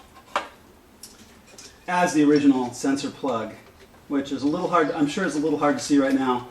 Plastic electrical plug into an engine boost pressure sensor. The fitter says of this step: it plugs in I got a little bit of Click out of the lock tug on it a little bit to make sure that it's in solidly